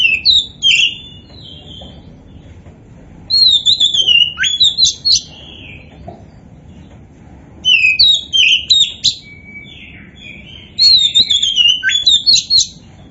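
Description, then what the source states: Oriental magpie-robin song in four separate bursts of varied whistles, chips and slurred notes, each burst a couple of seconds long with short silences between. Kacer poci variety, described as gacor, meaning singing prolifically.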